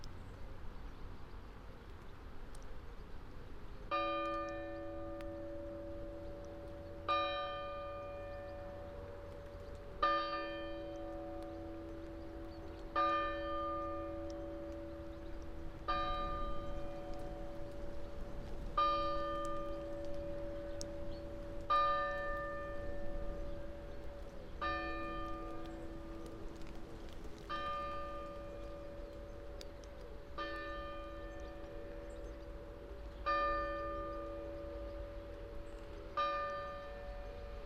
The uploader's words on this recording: Hearing the spatial sound of time passing and looking down, from a hill above, on the town clock of Wooler. This is another section from the mics we left out and alone for 14 hours last summer in the hills above Wooler in Northumberland.